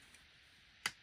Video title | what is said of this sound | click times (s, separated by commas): SOLAR MC4 DIY Solar How To Guide | hear that clicking as tight as you get it's and tight as you need it | 0.9 s